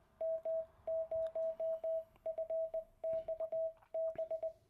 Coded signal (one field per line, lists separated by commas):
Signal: Morse code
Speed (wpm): 19 wpm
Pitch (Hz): 650 Hz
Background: radio noise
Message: M0FXB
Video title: LETS LEARN MORSE -ABBREVIATIONS